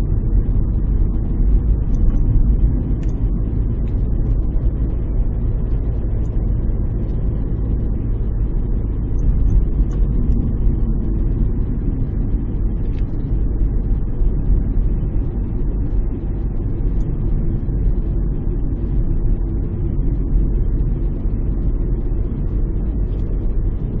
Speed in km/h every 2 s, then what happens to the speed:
41, 42, 42, 41, 39, 39, 38, 38, 37, 37, 38, 40.
0-24 steady at about 39.